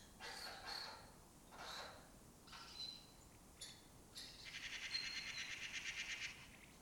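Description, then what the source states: Lesser kestrel calls: several short, rasping bursts, then a quick pulsed chatter lasting about two seconds. Breeding colony that took over an abandoned building in Doñana, southern Europe; a migratory raptor that forages in West Africa and breeds in southern Europe.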